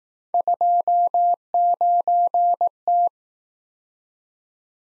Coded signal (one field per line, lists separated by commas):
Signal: Morse code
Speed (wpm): 19 wpm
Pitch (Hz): 700 Hz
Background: none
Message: 29T